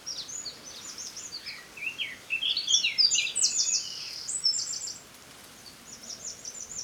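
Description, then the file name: Eurasian wren song: one sustained phrase of quick, shrill, high notes building to a loud, rattling trill midway, then fading into a few softer notes. "Troglodytes troglodytes"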